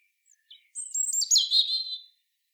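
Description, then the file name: European robin with a single brief, liquid phrase of high whistles flowing into a fast warbling trill, opened by a couple of faint soft notes. "Erithacus rubecula"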